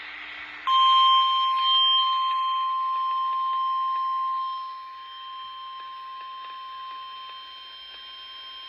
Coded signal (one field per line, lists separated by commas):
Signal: Emergency Alert System (SAME) tones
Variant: 1050 Hz attention tone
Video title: SVR | EAS #927